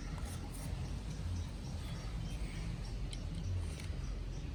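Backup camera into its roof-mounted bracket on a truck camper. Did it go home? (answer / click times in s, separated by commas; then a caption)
no / none. A Furrion Vision S sharkfin backup camera is handled and pushed toward its pre-wired roof-mounted bracket on a Forest River truck camper, antenna facing up. Low rumbling background noise runs throughout, with a brief sharp tick near 3.1 seconds. Nothing has seated or clicked into the mount yet.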